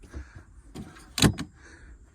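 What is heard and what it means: A locking part of the folding kids' bunk bed in a van, which had popped out, is pushed back into the bed frame by hand. After some faint rustling, a sharp click sounds at 1.2 s with a second at 1.2 s, followed by a softer knock at about 1.4 s. The latch is seated back in place.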